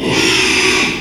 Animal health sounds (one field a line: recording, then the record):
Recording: squeal of a Yucatan mini pig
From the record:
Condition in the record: after surgery on the right vocal fold (resection and tissue-engineered implant)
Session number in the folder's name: 1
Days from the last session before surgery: 6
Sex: male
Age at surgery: 12 weeks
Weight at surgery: 13 kg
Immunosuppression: cyclosporine, prednisolone